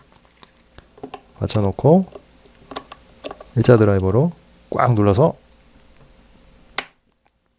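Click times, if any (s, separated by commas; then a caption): 6.8 s. A flathead screwdriver is pressed hard into the threadlocked screw holding the handle knob on a baitcasting fishing reel and turned. Someone talks while small ticks and taps are heard. At 6.8 s the screw breaks free with one sharp crack and comes loose in one go.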